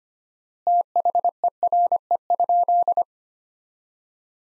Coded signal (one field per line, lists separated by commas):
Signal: Morse code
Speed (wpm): 25 wpm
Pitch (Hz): 700 Hz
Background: none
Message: THERE?